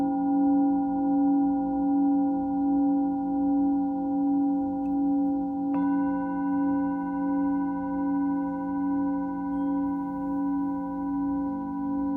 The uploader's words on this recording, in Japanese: シンギングボウルヒーリング。